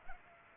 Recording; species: mosquito wingbeat signal from an infrared sensor; Culex pipiens